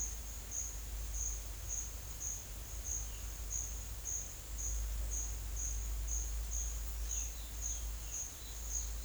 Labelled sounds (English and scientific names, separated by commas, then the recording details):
Violaceous Jay (Cyanocorax violaceus), Chestnut-bellied Seed Finch (Sporophila angolensis)
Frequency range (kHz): Violaceous Jay (Cyanocorax violaceus) 2.3-3.5 kHz; Chestnut-bellied Seed Finch (Sporophila angolensis) 2.2-5.5 kHz
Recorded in secondary vegetation near Puerto Asís, Putumayo, Colombia, on 29 June 2025
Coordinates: 0.488, -76.319
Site G094